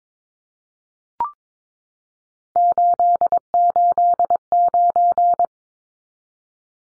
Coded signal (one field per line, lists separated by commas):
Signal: Morse code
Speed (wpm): 22 wpm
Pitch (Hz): 700 Hz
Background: none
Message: 889